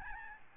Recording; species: mosquito wingbeat signal from an infrared sensor; Aedes albopictus